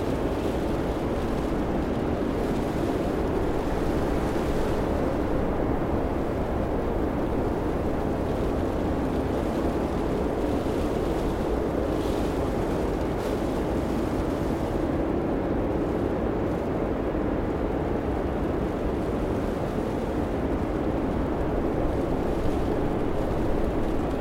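A snow blizzard roars around a car, heard from inside the cabin. The sound is a steady, dense, low rumble with a muffled top end, unchanging in loudness across the whole stretch, with faint gusty swells now and then but no distinct events.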